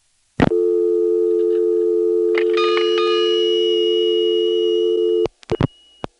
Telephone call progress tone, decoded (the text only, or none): dial tone